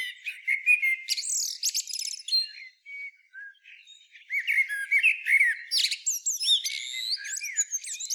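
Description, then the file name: Common blackbird song, dense and restless: fluty low whistles interwoven with squeaky, sliding high notes and chattery twitters, with a short lull near the middle. "Turdus merula"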